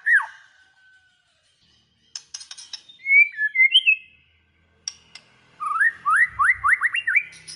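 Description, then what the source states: White-rumped shama song: a falling whistle, scratchy notes, then fluid whistled phrases and a quick run of rising slurred notes. Lure recording of a vigorously singing (gacor) white-rumped shama, used to make other shamas respond and sing straight away.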